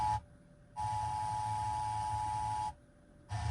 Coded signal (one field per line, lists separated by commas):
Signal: Emergency Alert System (SAME) tones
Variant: 853 and 960 Hz attention tone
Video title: Sacramento/Sierra Monthly EAS Test on Labor Day 2023 (9/4/23) (EAS #1,103-1,013)